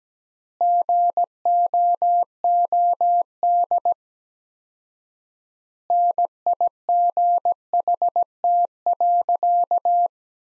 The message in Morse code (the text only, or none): GOOD NIGHT.